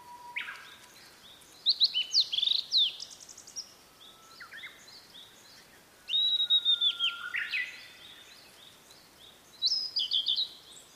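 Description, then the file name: Blue-and-white flycatcher song, high warbled whistles and harsh buzzy notes in three bursts, with low long steady whistles from another bird in between. "oruri"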